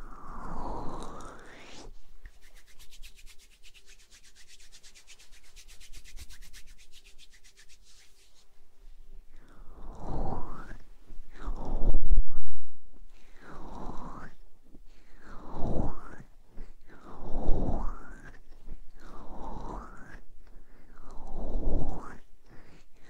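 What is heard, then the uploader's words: Ear blowing, soft breathy puffs of air that swell and fade, at first one long gust, then after a quiet stretch with faint crackly ticking and a low steady hum, a run of shorter blows about every two seconds. A louder rough burst lands near twelve seconds. ASMR Ear blowing.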